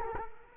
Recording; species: mosquito wingbeat signal from an infrared sensor; Culex quinquefasciatus